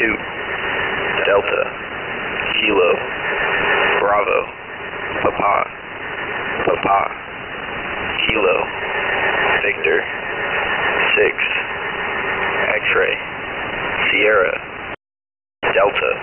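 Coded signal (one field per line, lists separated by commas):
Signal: coded military voice message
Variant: HFGCS EAM, English phonetic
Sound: a male voice on shortwave reads strings of phonetic-alphabet letters and numbers, with static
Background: radio static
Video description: This is a recording of an Emergency Action Message (EAM), which is broadcast by the US military on shortwave radio frequencies referred to as the High Frequency Global Communication System (HFGCS).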